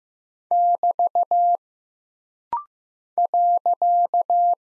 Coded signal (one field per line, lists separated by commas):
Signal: Morse code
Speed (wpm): 15 wpm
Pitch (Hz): 700 Hz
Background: none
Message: <BT> .